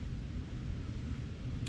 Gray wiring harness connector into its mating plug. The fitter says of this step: and reconnect our gray plug you'll hear that positive click